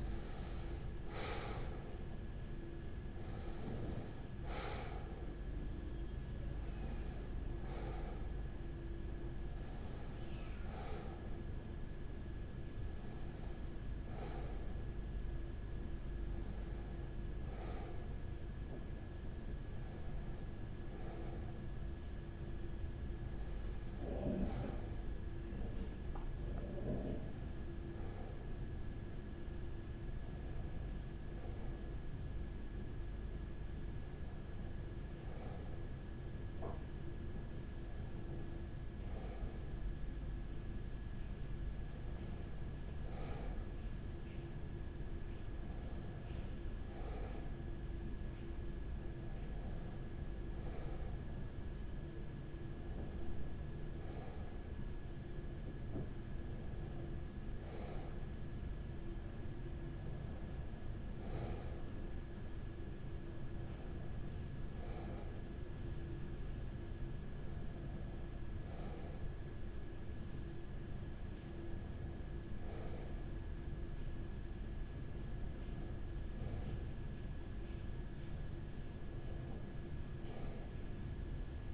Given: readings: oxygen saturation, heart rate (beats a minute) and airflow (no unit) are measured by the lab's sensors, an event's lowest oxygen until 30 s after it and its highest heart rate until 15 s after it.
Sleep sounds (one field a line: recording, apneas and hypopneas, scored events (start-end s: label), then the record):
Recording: a person awake in a sleep study, by a smartphone at the bedside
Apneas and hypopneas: 1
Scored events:
0.00-81.74 s: awake
16.00-57.10 s: hypopnea (scored as awake, oxygen 97% highest, then 94% lowest, heart rate 52 at the start, 57 highest)
From the record:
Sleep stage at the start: awake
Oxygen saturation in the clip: 95 to 98%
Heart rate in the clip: 43 to 72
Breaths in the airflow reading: 23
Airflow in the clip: -9.1 to 9.4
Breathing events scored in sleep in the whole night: 207 in 7.6 hours asleep